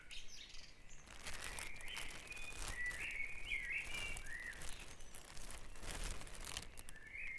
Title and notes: Dawn Chorus // Back Dragon Avenue, Harrogate. Sound Map Of Harrogate